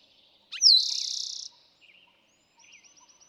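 Eastern towhee song, a brief note and a falling whistle into a dry buzzing trill, followed by soft twittering and a short series of high repeated notes.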